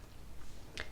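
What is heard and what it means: A Glow Rhino "The Fermi" folding knife's steel blade is flicked open on its ball bearings, with only faint low background noise at first. A single sharp click sounds at 0.8 s as the blade reaches full open and the liner lock in the handle engages behind it, locking the blade in place.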